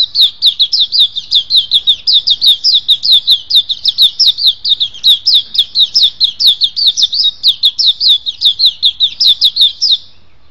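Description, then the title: Oriental magpie-robin singing a long unbroken series of rapid, high, clipped whistled notes, each repeated evenly for about ten seconds. "Kicau Kacer"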